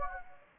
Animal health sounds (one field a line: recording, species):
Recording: mosquito wingbeat signal from an infrared sensor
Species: Anopheles gambiae